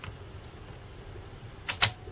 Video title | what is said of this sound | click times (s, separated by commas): Come build my Framework 16 with me live! | nice little satisfying click | 1.7 s, 1.8 s